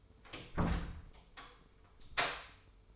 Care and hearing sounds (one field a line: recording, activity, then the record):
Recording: daily activity, microphone in the room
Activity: close door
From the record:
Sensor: 1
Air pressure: 1015.2 hPa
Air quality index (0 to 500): 162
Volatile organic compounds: 10 ppm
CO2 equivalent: 2251 ppm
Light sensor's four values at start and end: 12/29/12/13 and 13/30/12/14